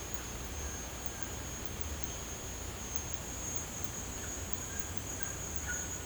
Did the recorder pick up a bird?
no